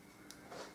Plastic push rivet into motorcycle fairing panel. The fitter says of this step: and then push it in till it clicks.